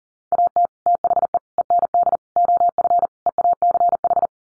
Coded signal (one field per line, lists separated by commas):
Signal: Morse code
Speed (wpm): 40 wpm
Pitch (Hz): 700 Hz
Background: none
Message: AT THE END OF EACH